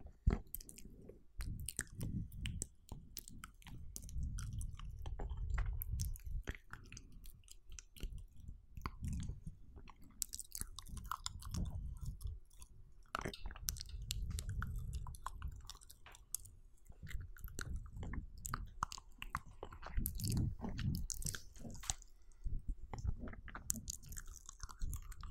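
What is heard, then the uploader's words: Mouth sounds with dense wet clicks, smacks and chewing squelches, sharp bright pops scattered throughout over a soft, swelling low rumble. High Intensive Binaural MOUTH SOUNDS EXTREME Relaxation.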